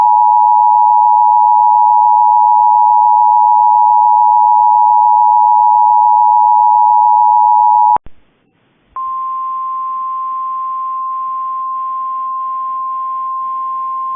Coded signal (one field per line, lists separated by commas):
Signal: Emergency Alert System (SAME) tones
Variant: 853 and 960 Hz attention tone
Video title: Severe Thunderstorm Warning EAS (Cox) 5/2/25 (Credit to WXRchive)